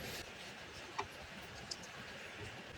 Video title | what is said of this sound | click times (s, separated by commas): How to Fix PC On But No Display on Monitor | Press down firmly until you hear a click from the latches. | 1.0 s, 1.7 s